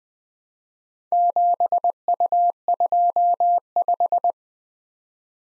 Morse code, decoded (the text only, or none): 7U25